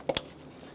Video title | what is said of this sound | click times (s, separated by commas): How to Replace Spark Plugs 2003-2007 Honda Accord | Push until you hear a click. | 0.1 s, 0.2 s